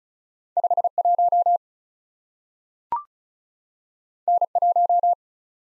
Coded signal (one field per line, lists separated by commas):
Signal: Morse code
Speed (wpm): 36 wpm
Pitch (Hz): 700 Hz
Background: none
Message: 5 1 N 1